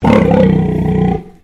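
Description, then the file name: Pig (Landrace): pig giving one long, deep, rasping grunt that holds steady for about a second before trailing off. Landrace pig, recorded indoors. "PIG LANDRACE EDGAR INSIDE GRUNT"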